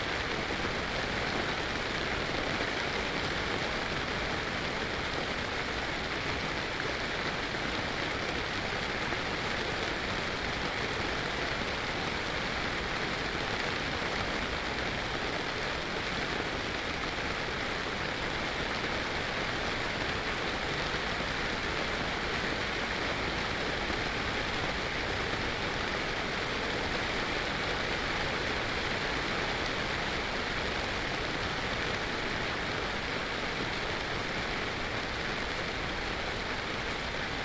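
Rain falls steadily on a yurt in Norfolk, a dense, even patter that holds the same level for the whole stretch. The hiss is bright and full, with countless fine drops blurring together and no single sounds standing out.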